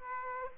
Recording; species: mosquito wingbeat signal from an infrared sensor; Aedes aegypti